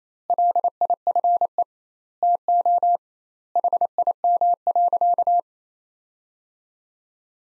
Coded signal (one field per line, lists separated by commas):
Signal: Morse code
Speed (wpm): 28 wpm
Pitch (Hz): 700 Hz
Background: none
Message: LIFE TO HIM.